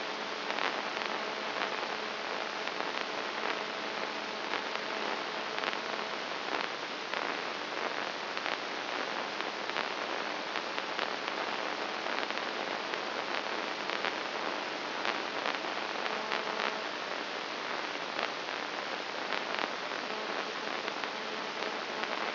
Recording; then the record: brain microelectrode recording played as sound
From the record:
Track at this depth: outside the subthalamic nucleus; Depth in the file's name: 2.536 mm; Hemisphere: left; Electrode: 2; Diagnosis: Parkinson's disease